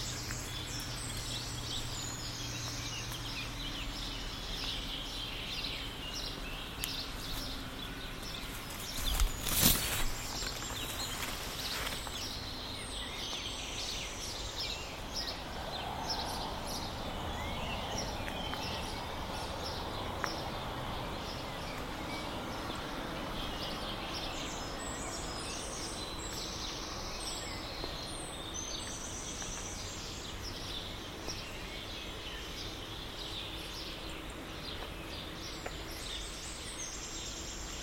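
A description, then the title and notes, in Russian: Nature sounds mix with a steady hum of background noise, with birds calling in high chirps scattered throughout. Around nine seconds a brief loud burst cuts through, and a faint low drone runs underneath for the whole stretch. 3D саундскейп передаёт атмосферу майского утра г.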